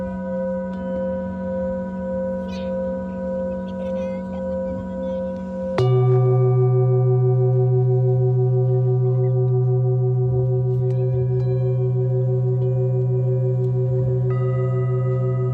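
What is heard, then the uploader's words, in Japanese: Singing bowls ring in long sustained tones with a slow pulsing waver, until a deeper bowl is struck near six seconds and hums steadily on. メキシコから シンギングボウルのサウンドヒーリング ライブ。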